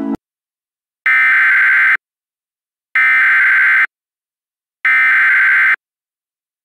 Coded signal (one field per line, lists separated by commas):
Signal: Emergency Alert System (SAME) tones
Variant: header bursts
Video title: EAS Reenactment Mock: SVR for near Albemarle to near Sturdivants - 03/25/2021